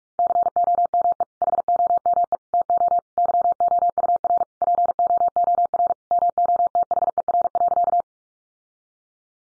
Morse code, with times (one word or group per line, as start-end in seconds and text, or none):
0.2-1.2 COME
1.4-2.4 HOME
2.5-3.0 TO
3.2-4.4 YOUR
4.6-5.9 POOR
6.1-8.0 MOTHER.